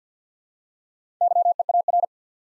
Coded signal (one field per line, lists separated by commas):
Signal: Morse code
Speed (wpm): 50 wpm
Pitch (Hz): 700 Hz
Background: none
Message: YEAR